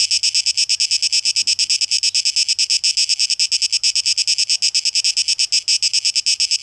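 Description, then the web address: Cicada song: a dense, high buzzing pulsed in fast, steady throbbing beats, with a faint low hum underneath. Cicadas recorded 12 August 2023. "rauschpartikel Audio 2023-08-12 Zikaden"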